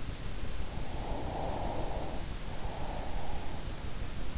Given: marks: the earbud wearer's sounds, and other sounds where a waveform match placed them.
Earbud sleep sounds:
sounds in sleep by an in-ear microphone; breath
0.74-3.94 s: breath

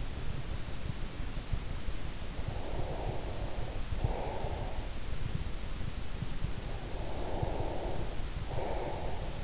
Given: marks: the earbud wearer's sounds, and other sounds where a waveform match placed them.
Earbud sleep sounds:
sounds in sleep by an in-ear microphone; breath
2.43-4.84 s: breath
6.81-9.44 s: breath

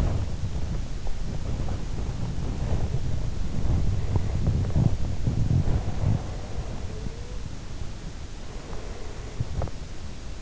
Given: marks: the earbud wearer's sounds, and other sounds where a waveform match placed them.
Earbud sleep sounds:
sounds in sleep by an in-ear microphone; body movement, breath
0.00-8.51 s: body movement
6.72-7.52 s: sound from someone else or the room
8.37-10.42 s: breath

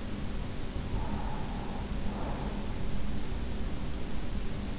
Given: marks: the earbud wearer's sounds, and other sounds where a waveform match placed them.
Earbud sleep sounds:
sounds in sleep by an in-ear microphone; breath
0.52-3.15 s: breath

